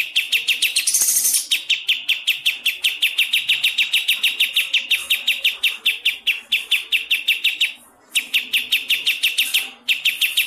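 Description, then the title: Songbird song, a fast steady series of high sharp chips repeated many times a second, briefly pausing twice, continuing throughout. Training recording for songbirds (masteran). "Masteran Burung"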